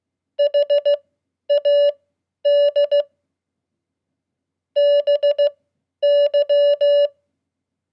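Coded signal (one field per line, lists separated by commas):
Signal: Morse code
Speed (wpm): 16 wpm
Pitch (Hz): 580 Hz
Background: none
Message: HAD BY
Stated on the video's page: Morse code practice at 15 wpm: 100 common QSO words, Q-codes and abbreviations for beginners.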